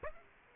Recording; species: mosquito wingbeat signal from an infrared sensor; Aedes aegypti